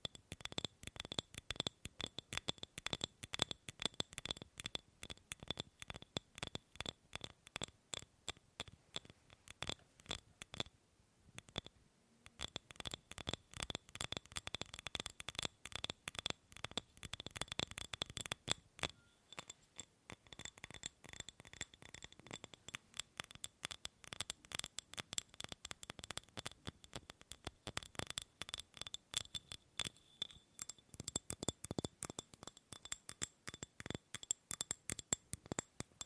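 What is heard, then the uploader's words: Tapping on objects, made of dense, sharp clicks that run almost continuously, sometimes in quick bursts and sometimes more spaced out. Brief pauses come near 11 and 19 seconds. The taps sound crisp and bright, with a faint glassy ring. ASMR Fast & Slow Tapping on 6 Objects No Talking.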